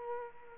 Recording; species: mosquito wingbeat signal from an infrared sensor; Culex quinquefasciatus